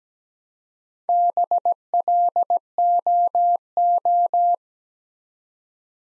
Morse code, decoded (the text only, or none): BLOO